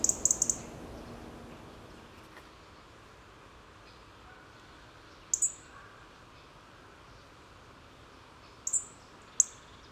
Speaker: les petits cliquetis d'un rouge-gorge.